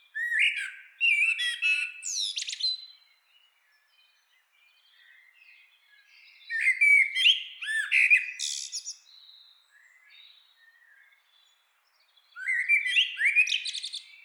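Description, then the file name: Common blackbird singing mellow whistled phrases that rise into thin, scratchy high flourishes, three phrases spaced several seconds apart with quiet gaps between. "Turdus merula"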